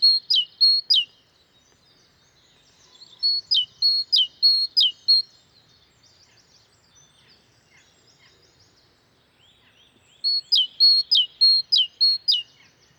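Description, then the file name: Great tit song in three bouts of rapid see-saw two-note phrases, high then sliding lower, with soft chirps in the quiet gaps. "Parus major"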